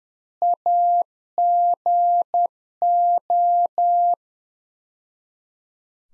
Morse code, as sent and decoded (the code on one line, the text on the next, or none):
.- --. ---
AGO